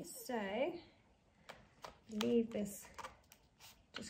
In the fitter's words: clicks on like that yep